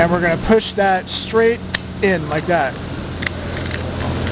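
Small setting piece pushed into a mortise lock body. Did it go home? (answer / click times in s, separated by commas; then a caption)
yes / 3.3 s. A small setting piece at the end of a mortise lock body is pushed straight in by hand while someone talks, taking some force. It clicks into place at 3.3 s, followed by a few fainter ticks, and the lock is set to permanently unlocked. A steady low hum runs underneath throughout.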